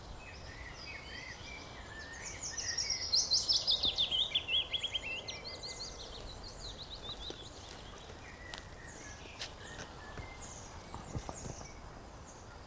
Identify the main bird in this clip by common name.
Willow Warbler